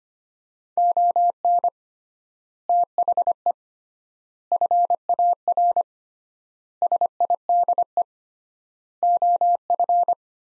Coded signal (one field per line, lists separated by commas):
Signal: Morse code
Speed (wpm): 25 wpm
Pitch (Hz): 700 Hz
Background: none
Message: ON THE FAR SIDE OF